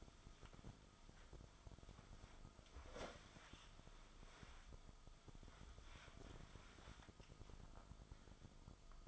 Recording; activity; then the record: daily activity, microphone in the room; wipe stove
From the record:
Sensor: 5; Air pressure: 1004.9 hPa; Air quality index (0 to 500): 102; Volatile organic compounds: 2 ppm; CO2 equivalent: 1245 ppm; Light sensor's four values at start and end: 32/71/30/30 and 32/71/30/30